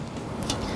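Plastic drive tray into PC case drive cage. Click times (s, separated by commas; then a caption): 0.4 s. A plastic 2.5/3.5-inch drive tray is pushed into the drive cage of a Thermaltake Core X1 PC case. It snaps into place with a sharp click at 0.4 s, followed by a softer knock at 0.5 s. The tray is seated, and someone talks.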